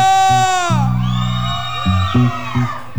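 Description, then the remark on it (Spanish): A group of people shout and whoop together in a loud, sustained burst, their voices rising and falling in pitch, with a few sharper yells breaking through near the end. “¡Venga el grito de la raza!”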